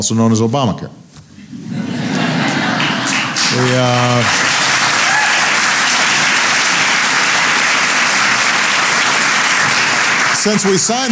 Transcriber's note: applause